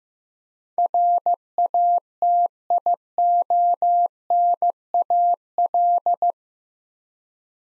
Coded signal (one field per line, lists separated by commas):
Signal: Morse code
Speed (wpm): 15 wpm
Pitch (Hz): 700 Hz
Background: none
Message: RATIONAL